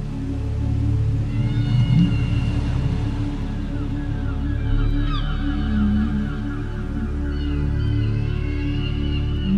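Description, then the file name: Beluga whale squeals and chirps: several upswept whistles in the middle and a further cluster near the end, backed by a steady deep hum. "Ballena beluga Whales"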